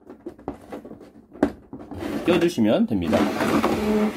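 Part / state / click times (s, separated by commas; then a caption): plastic rail joint into the toy's mating socket / seated / 0.5 s, 1.4 s. An extended plastic rail section of a transforming toy is pushed so its plastic joints line up with the toy's mating socket. Sharp snaps are heard at 0.5 s and 1.4 s as the rail joints snap into place and seat, and then someone talks.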